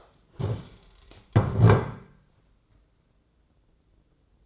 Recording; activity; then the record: daily activity, microphone in the room; stand up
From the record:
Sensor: 3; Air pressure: 996.0 hPa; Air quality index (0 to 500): 246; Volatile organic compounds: 1000 ppm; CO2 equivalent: 6280 ppm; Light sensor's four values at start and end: 39/95/41/45 and 37/89/39/42